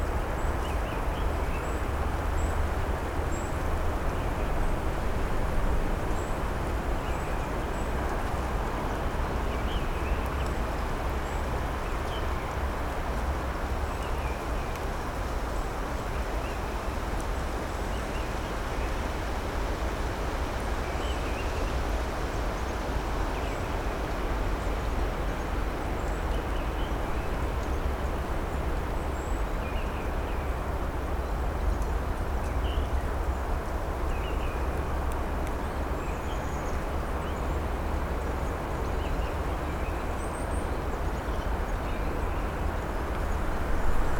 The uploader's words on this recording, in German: Heute nehme ich Euch mit zu einem Waldweg an den Toren zum Nordschwarzwald. Heute war es recht windig, aber die ersten Rückkehrer unter den Vögeln sind schon zu hören.